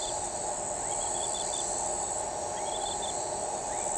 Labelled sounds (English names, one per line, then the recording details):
none
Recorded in shrubland near Pivijay, Magdalena, Colombia, on 15 April 2023 at 00:00
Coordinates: 10.453, -74.365
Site P5-G022